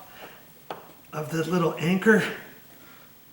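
A screw is driven by hand through a grab bar flange into a plastic wall anchor in drywall. A sharp click at 0.7 s is the side of the anchor breaking off as it expands, gripping the wall tighter, and then someone talks. The anchor is seated.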